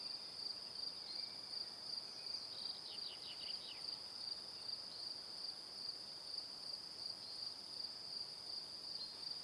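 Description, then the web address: Steady cricket chorus of high pulsed chirps, with a short run of descending twittering notes near the start. Crickets chirping in the evening. "calm calmplus sounds Calm - Evening Crickets"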